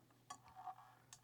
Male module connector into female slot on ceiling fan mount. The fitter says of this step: snaps in give a little tug